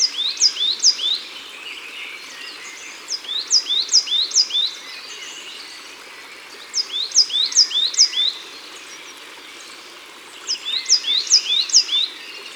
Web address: Mesange noire Au bord de leau. album au-bord-de-leau